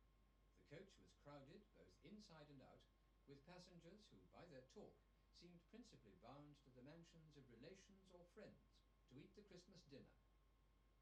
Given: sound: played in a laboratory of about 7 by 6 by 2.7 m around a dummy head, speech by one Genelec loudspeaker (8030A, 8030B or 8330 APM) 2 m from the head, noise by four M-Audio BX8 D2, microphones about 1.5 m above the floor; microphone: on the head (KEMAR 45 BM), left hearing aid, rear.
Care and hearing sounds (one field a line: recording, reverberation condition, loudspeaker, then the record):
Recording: male speech in English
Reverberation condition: low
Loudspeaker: 30 degrees to the right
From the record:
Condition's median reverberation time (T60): about 310 ms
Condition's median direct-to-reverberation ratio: about 3.5 dB